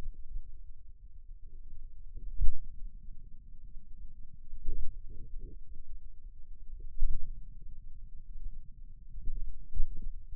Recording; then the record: forearm muscle sounds (acoustic myography)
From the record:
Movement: pen grasping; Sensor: system 2, bracelet of six BSWA MPA416 microphones around the upper forearm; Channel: 6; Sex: male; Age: 22 years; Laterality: right